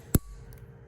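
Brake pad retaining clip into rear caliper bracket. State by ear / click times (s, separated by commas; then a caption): seated / 0.2 s. A metal brake pad retaining clip (abutment hardware) is shoved into the rear caliper bracket during a rear brake job on a 2006 Honda Accord Coupe. A sharp metallic click at 0.1 s shows the clip seating, followed by two faint ticks around 0.5 and 0.6 s.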